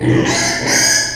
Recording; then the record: squeal of a Yucatan mini pig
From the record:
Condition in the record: before surgery on the right vocal fold (resection and tissue-engineered implant); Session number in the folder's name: 2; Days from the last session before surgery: 0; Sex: male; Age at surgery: 12 weeks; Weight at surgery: 13 kg